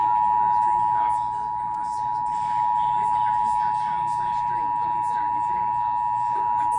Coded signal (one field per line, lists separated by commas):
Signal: Emergency Alert System (SAME) tones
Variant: 853 and 960 Hz attention tone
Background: speech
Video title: emergency alert system during nature cat